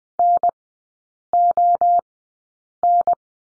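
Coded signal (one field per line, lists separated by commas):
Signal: Morse code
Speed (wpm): 20 wpm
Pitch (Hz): 700 Hz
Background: none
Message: NON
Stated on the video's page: Morse course lesson drilling letter O in three-character groups, Farnsworth speed 20/10 wpm.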